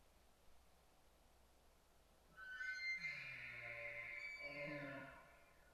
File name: elk